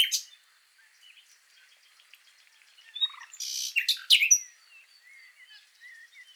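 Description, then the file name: Common nightingale song fragments: a brief loud note, scattered soft chirps and clicks, then a burst of loud buzzy and sharp notes near the middle, trailing off into quiet twitters. "Luscinia megarhynchos"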